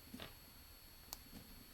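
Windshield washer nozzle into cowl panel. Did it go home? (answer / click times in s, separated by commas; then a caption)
yes / 1.1 s. A plastic windshield washer nozzle on a 2006–2016 Chevrolet Impala/Limited (9th gen) is pressed into its hole in the plastic cowl panel after the hose is reconnected from below. After faint handling noises, a sharp, short click at 1.1 s marks the nozzle snapping into place, and it is seated.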